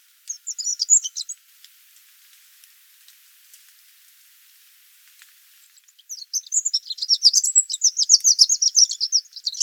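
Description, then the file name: Eurasian wren song: a short burst of very high, rapid trilled notes, then a pause of several seconds before a longer, fast, rattling warbled trill that runs to the end. "Troglodytes troglodytes"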